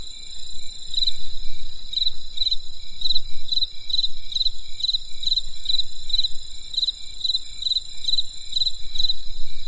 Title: There was a crisp sound of insects in the winter night. Come and experience a sound therapy feast from the countryside